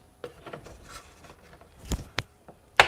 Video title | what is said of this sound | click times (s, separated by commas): Breville Barista Pro - Top Burr Adjustment - Advanced Grinder Setting | like so you hear that noise that click | 2.2 s, 2.8 s